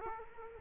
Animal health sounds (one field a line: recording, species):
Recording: mosquito wingbeat signal from an infrared sensor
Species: Culex quinquefasciatus